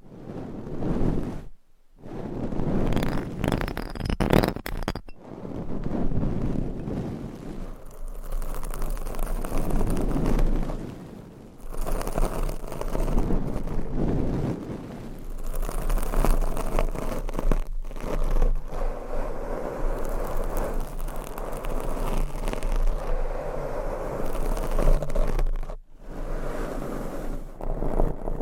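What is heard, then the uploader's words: Dense scratching and brushing on microphones, rough low rustling that surges and fades, broken by brief silences near 2, 5, 12 and 26 seconds. ASMR Mic Scratching - Brain Scratching & Brushing on 8 Mics Asmr No Talking.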